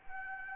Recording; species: mosquito wingbeat signal from an infrared sensor; Anopheles arabiensis